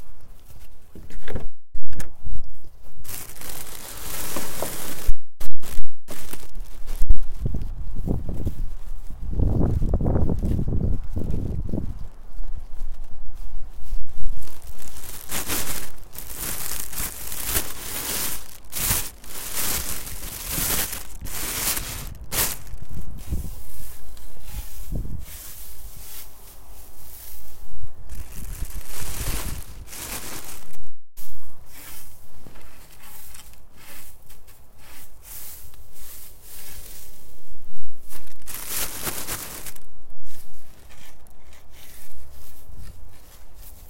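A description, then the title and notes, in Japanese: Dried radish strips are gathered from a drying rack into a plastic bag, giving loud, irregular crinkling and rustling bursts throughout. Denser handling noise swells around ten seconds and again near twenty, with brief pauses between handfuls and a quieter outdoor background. 袋ガサ音 切り干し大根 干し台から回収。千切り大根が寒風にさらされ、カラカラに乾燥して切り干し大根の完成です！周りは冬枯れの畑。干し台から袋に回収します。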